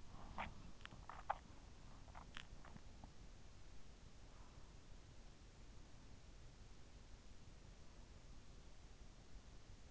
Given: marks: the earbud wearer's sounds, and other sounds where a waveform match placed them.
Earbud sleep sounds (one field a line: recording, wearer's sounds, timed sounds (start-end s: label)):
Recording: sounds in sleep by an in-ear microphone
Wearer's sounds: swallowing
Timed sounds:
0.00-1.69 s: swallowing